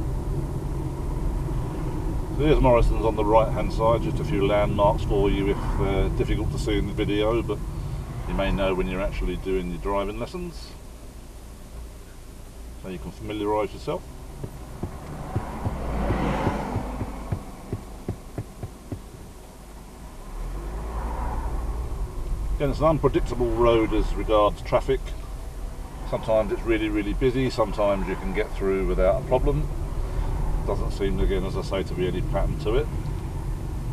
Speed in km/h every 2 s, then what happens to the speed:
34, 23, 18, 8, 2, 0, 0, 0, 0, 6, 11, 6, 6, 11, 21, 19, 15.
2-8 brakes to 2. 8-17 standing. 17-19 pulls away to 11. 19-24 steady at about 6. 24-28 speeds up to 21. 28-34 slows to 15.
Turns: none.